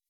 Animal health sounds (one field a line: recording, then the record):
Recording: hydrophone in a shrimp aquaculture tank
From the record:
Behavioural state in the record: weakened